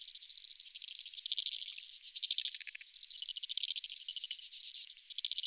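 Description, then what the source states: Insects in a continuous high trilling chorus, its rapid pulses briefly brightening near two seconds. Field recording from Australia or Portugal, 2011, of creek insects, used in a collaborative soundwork; some recordings unaltered, others processed.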